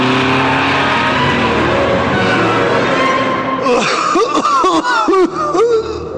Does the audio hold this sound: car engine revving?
yes